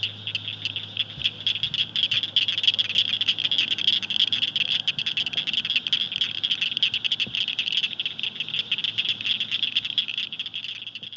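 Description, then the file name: Blanchard's cricket frog clicks, rapid, dry and high, dense and continuous throughout, with a steady low hum underneath. "acblanchardi"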